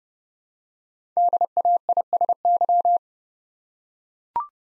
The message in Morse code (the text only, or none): DAISY